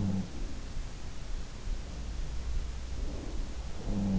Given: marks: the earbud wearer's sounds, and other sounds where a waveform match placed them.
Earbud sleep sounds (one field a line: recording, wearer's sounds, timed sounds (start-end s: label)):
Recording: sounds in sleep by an in-ear microphone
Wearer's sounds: breath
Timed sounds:
0.00-0.50 s: sound from someone else or the room
2.62-3.71 s: breath
3.71-4.19 s: sound from someone else or the room